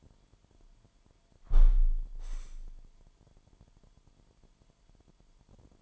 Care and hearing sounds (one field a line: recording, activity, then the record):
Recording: daily activity, microphone in the room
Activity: close window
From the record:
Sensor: 5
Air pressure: 998.2 hPa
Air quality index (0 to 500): 93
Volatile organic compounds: 2 ppm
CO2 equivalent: 1060 ppm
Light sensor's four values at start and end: 22/52/21/24 and 22/52/21/24